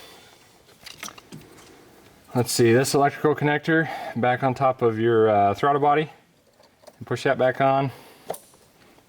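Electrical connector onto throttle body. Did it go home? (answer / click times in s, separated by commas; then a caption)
yes / 8.3 s. On a 2013–2017 Ford F-150 5.0L Coyote, during a Ford Performance high-strength VCT solenoid install, the electrical connector on top of the throttle body is pushed back on by hand while someone talks. Light handling clicks come around 0.9–1.3 s, and a sharp click at 8.3 s marks the connector snapping into place, fully seated.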